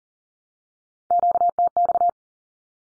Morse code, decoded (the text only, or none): QTX